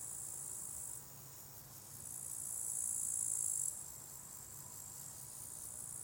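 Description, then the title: Crickets trilling, a thin high chorus that falls away, then builds to a louder stretch before dropping back, over a gentle hum. Crickets at a small spot beside a hiking path with wild natural meadows at Lake Wolfgangsee, Strobl, Austria; some traffic audible; recorded with SD702t and MKH8040. "Strobl, Österreich - Grillen am Wolfgangsee"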